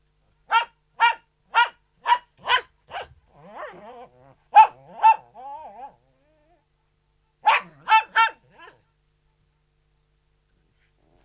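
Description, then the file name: Poodle barks in a regular run of six yaps, whines softly, barks twice more, then pauses before a final quick burst of four barks. Poodle barking indoors. "Digiffects Sound Effects Library - Poodle Dog Barking Indoors"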